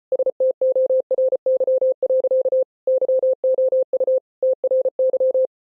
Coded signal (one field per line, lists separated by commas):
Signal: Morse code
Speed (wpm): 33 wpm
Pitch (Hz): 520 Hz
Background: none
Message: STORY. YOU TRY